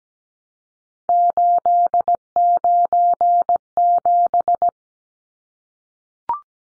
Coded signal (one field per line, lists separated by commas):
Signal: Morse code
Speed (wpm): 17 wpm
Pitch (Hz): 700 Hz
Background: none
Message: 897